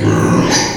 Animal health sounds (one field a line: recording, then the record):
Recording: squeal of a Yucatan mini pig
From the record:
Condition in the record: before surgery on the right vocal fold (resection and tissue-engineered implant)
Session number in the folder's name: 2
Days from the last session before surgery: 0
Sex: male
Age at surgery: 12 weeks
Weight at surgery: 13 kg